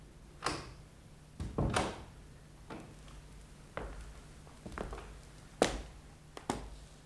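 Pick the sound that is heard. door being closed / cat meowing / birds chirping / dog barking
door being closed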